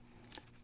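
The plastic leg halves of a Master Grade ZZ Gundam Ver. Ka model kit are pressed back together. After a couple of faint handling ticks, they snap closed with one sharp, bright click at 0.4 s. The leg is seated.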